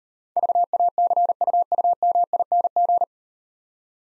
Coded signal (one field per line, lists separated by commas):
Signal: Morse code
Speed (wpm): 36 wpm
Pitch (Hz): 700 Hz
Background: none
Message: VACUUMING